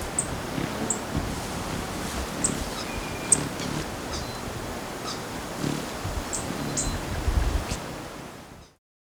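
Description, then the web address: Sword-billed hummingbird uttering scattered thin, high-pitched chips at irregular intervals, with a brief faint whistle and constant rushing, wind-like noise throughout. Recorded in Ecuador. "Natures Songs S America Birds of Ecuador. Sword-Billed Humminbird"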